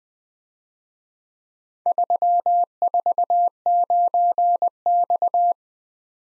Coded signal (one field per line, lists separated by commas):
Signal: Morse code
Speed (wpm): 20 wpm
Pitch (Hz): 700 Hz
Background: none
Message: 349X